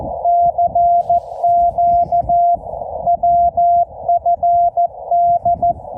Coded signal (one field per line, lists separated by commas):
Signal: Morse code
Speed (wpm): 14 wpm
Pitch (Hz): 690 Hz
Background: none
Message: CQ WFD